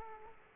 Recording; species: mosquito wingbeat signal from an infrared sensor; Aedes aegypti